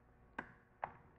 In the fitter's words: There's one click in place.